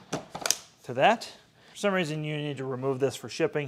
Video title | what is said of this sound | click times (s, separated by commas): Unboxing the HIZERO F100: A Detailed and Unbiased Review | This right here, you can see, is going to click in | 0.5 s